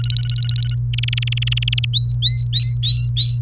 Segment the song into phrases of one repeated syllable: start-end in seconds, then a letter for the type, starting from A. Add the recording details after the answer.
0.00-0.75 A, 0.93-1.85 B, 1.93-3.39 C. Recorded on 29 April 2018 at 09:26. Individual llb3